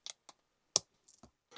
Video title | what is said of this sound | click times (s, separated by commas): Sparklove Gamer Neon Sign for Boys Gaming Room Bedroom Wall Decor, Gifts for Teen Kids, Video Game | lock into place | 0.8 s